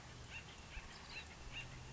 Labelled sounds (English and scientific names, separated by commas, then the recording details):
Acorn Woodpecker (Melanerpes formicivorus)
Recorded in Sonoma County, California